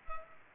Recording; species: mosquito wingbeat signal from an infrared sensor; Culex pipiens